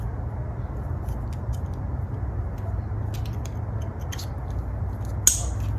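A plastic headlight harness connector is pushed into the socket of a VLAND aftermarket headlight being fitted to a 2018–2020 Ford F-150. A steady low rumble runs throughout, with a few faint ticks around 3.3, 3.5 and 4.1 seconds, then one sharp, loud click at 5.3 seconds. The connector clicks in and is seated.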